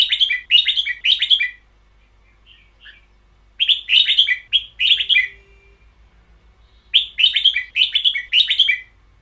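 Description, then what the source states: Red-whiskered bulbul song: three bursts of fast, cheerful warbled phrases, each of several looping notes, separated by quiet pauses with a few faint soft notes. Caged bird; song style named เบิ้ลยาว (long double).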